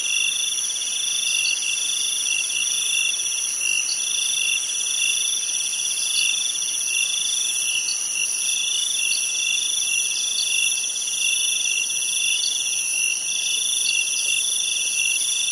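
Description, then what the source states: Insects in a dense, steady chorus of high, shrill trills in several layered bands, unbroken throughout, over a faint background hiss. Recorded at night in a jungle in Thailand.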